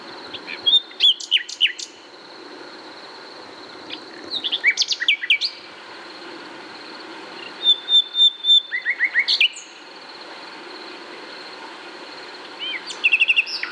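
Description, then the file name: Common nightingale delivering several separate song phrases: clicks, rapid repeated notes and brief fluty whistles, separated by pauses, over a constant faint high hum. "Luscinia megarhynchos"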